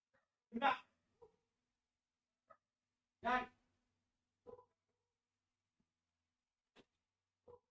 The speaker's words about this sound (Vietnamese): Chó sủa ghê quá.